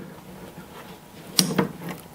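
A pocket hole jig's sliding drill-guide stop, a piston, is pulled back and then pushed forward stop by stop into the detents in the jig body, switching it to a two by four setting. Sharp clicks at 1.4 s and 1.6 s mark the stop locking into detent positions, followed by a faint tick near 2.0 s. The stop is seated in a detent.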